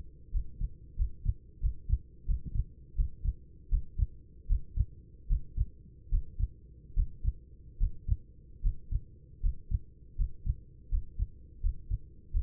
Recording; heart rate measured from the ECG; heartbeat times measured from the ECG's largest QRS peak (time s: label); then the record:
heart sounds by stethoscope; 80 bpm
0.31 s: heartbeat
0.96 s: heartbeat
1.60 s: heartbeat
2.25 s: heartbeat
2.95 s: heartbeat
3.69 s: heartbeat
4.47 s: heartbeat
5.27 s: heartbeat
6.09 s: heartbeat
6.94 s: heartbeat
7.78 s: heartbeat
8.61 s: heartbeat
9.40 s: heartbeat
10.16 s: heartbeat
10.89 s: heartbeat
11.60 s: heartbeat
12.31 s: heartbeat
From the record:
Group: healthy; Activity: Valsalva maneuver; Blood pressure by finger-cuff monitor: 131/75 mmHg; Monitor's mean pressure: 89 mmHg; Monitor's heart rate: 87 bpm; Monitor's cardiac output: 8 L/min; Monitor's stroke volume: 90 mL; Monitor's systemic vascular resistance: 780 dyn s/cm5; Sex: male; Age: 24 years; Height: 184 cm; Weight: 89 kg